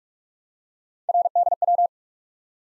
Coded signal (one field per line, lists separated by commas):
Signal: Morse code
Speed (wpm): 44 wpm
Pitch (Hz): 700 Hz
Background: none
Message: RDW